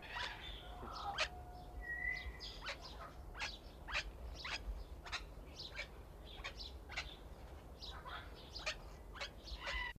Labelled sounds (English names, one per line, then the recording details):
Papuan King Parrot call
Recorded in captivity
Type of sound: call
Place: Zoo Rotterdam, Zuid-Holland, NL
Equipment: Halbspur, 9,5 cm/s
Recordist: Lütgens, Hans
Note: Rufe